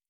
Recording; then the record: hydrophone in a shrimp aquaculture tank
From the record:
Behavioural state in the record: normal